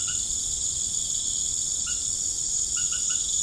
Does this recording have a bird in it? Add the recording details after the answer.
no. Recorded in pastures near Puerto Asís, Putumayo, Colombia, on 21 March 2025 at 18:30. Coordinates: 0.505, -76.324. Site GP08